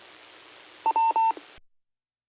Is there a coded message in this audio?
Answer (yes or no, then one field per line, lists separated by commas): no